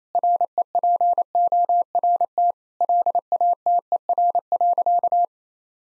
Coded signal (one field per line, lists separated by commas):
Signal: Morse code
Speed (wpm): 28 wpm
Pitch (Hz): 700 Hz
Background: none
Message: REPORT LATER.